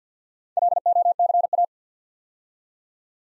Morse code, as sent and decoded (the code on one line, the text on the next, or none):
.-.. --- -.-. .-
LOCA